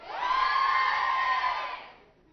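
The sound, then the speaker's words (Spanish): A crowd of girls in an audience in Bogotá shouts back a greeting in unison, a loud, high-pitched, sustained group cry lasting under two seconds before trailing off into quiet. “Ellas, como siempre, se agarran de arañetazos, gritos, tirones de pelo, lo que sea, pero hacen presencia.”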